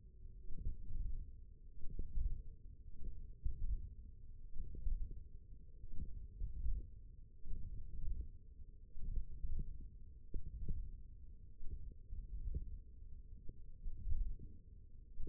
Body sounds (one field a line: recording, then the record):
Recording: forearm muscle sounds (acoustic myography)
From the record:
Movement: hook grip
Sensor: system 1, eight BSWA MPA416 microphones around the upper forearm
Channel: 4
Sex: male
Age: 20 years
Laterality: left